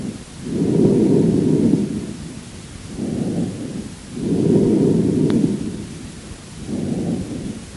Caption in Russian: Амфорическое дыхание. У некоторых больных при наличии в ткани легкого крупной полости, сообщающейся с бронхом, может быть выслушан особый вариант бронхиального дыхания – амфорическое дыхание. Оно напоминает звук, получаемый при вдувании воздуха в узкое горлышко пустого сосуда. Амфорическое дыхание, записанное у больного с крупным абсцессом левого легкого.